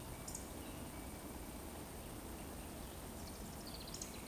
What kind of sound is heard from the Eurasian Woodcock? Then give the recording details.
whistle. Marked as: whistle, whistle. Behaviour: display flight. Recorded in Baden-Württemberg, Germany, on 23 June 2020 at 20:02 UTC. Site 14569, 102 m above sea level